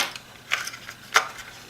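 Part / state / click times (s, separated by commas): model locomotive body shell onto its chassis / not seated / none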